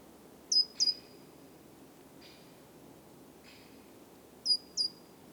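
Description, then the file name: Great tit calling: a pair of high, thin notes, then a pause with a couple of faint soft sounds, then another matching pair. "Parus major"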